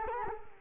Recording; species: mosquito wingbeat signal from an infrared sensor; Culex quinquefasciatus